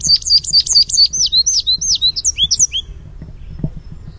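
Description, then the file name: American goldfinch contact song: a quick string of high chirps and slurred downward notes lasting about three seconds, then quiet. "Sweeet" contact call and contact song. "AMGO contact song sweeet"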